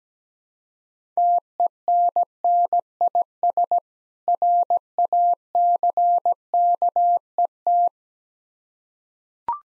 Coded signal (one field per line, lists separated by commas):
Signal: Morse code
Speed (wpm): 17 wpm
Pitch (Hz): 700 Hz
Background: none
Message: TENNIS RACKET